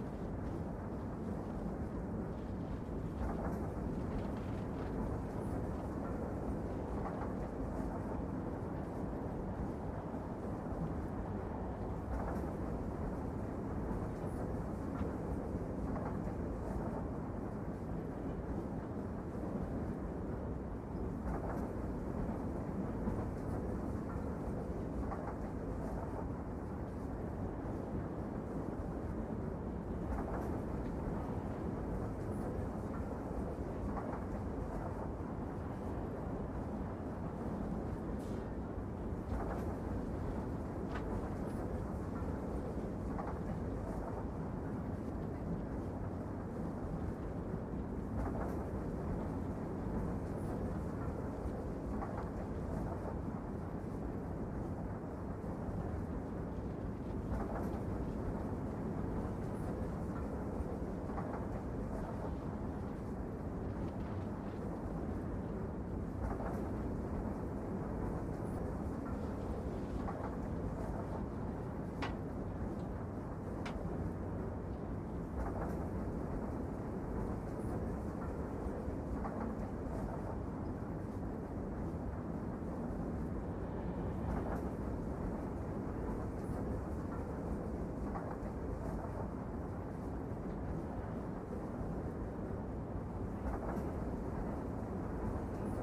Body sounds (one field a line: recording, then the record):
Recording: background sound without coughing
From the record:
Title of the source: Train Ride Ambience ambient white noise for sleeping, focus, studying, reading